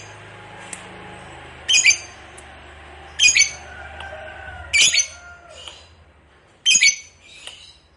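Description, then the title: Lovebird giving harsh high squawks every second or two over a low background hum, with faint whistled notes between. Fighter lovebird, described as gacor, singing energetically. "Berkat SUARA Lovebird FIGHTER GACOR Ini"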